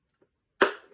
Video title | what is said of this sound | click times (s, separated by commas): Мотошлем Салют | до Как говорится до характерного щелчка | 0.6 s